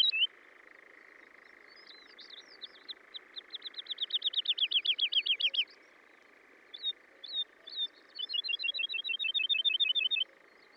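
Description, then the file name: Woodlark song, with scattered chirps building into a rapid, slightly descending trill of liquid notes, then a pause and a second even trill. "British Library - ZHavoronok Lesnoj (Zvyki com)"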